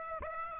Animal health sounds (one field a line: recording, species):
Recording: mosquito wingbeat signal from an infrared sensor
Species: Aedes aegypti